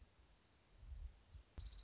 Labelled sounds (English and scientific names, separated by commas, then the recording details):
Dark-eyed Junco (Junco hyemalis)
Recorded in Sonoma County, California